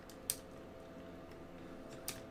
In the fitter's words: lock this red tab switches